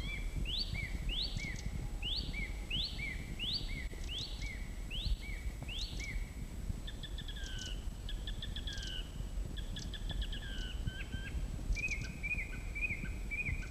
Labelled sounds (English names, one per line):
Song Thrush song